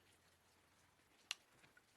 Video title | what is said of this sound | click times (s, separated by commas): Garden Project: Step by step Drip Irrigation System Installation purchased from Home Depot. | just like that they usually snap into place | 1.3 s